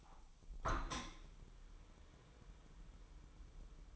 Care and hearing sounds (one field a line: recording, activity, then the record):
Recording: daily activity, microphone in the room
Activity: open window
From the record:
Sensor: 1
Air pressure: 1015.0 hPa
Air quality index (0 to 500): 26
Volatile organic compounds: 1 ppm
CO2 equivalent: 508 ppm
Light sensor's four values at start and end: 10/25/10/11 and 11/27/11/12